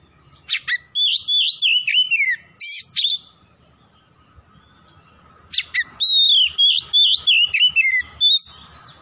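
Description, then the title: Oriental magpie-robin singing loud, rapid phrases of varied whistles and chattering notes in two bursts separated by a short pause. Tretes type; singing vigorously (gacor). "Kacer Tretes"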